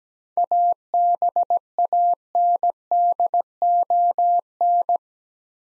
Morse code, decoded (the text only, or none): ABANDON